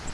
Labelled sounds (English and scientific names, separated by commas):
Virginia's Warbler (Leiothlypis virginiae) flight call